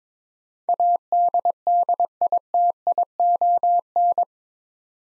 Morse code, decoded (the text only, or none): ADDITION